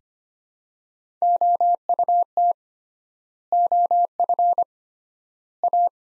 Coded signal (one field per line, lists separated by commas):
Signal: Morse code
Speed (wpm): 25 wpm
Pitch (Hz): 700 Hz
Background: none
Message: OUT OF A